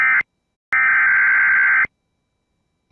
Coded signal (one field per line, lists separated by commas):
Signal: Emergency Alert System (SAME) tones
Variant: header bursts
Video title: MORE ALERTS EAS Alerts From 4/9/21 (EAS #458-464)